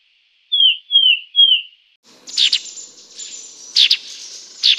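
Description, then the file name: Sultan tit calling: three clear descending whistled notes, then a switch to harsh, buzzy chattering bursts. "melanochlora sultanea"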